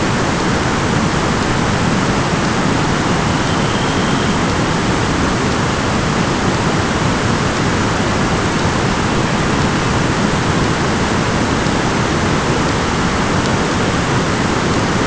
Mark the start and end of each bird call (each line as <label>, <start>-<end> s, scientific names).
Calidris alpina, 2.91-4.49 s